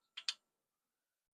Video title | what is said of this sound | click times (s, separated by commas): Vertical Electronics cooling mount for Roverin | you can take your receiver and that just clips in here, | 0.2 s, 0.3 s